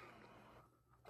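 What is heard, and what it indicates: A whooshing breath from a home mechanical ventilator (respirator), heard in the background. It belongs to a man with a neuromuscular disease who depended on the respirator to breathe.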